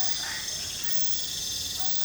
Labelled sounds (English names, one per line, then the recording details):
none
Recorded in pastures near Puerto Asís, Putumayo, Colombia, on 20 December 2024 at 23:00
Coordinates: 0.466, -76.322
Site G040